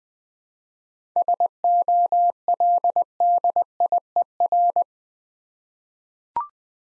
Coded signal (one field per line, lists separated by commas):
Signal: Morse code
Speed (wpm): 20 wpm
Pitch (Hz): 700 Hz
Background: none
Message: SOLDIER